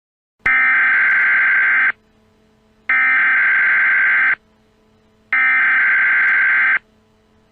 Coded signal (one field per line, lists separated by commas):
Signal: Emergency Alert System (SAME) tones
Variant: header bursts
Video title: Emergency Alert System- PA Black Friday Terrorist Attack Scenario